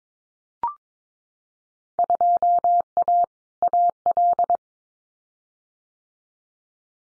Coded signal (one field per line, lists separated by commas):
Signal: Morse code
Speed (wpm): 22 wpm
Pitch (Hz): 700 Hz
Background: none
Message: 2A AL